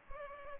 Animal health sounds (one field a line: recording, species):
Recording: mosquito wingbeat signal from an infrared sensor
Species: Culex pipiens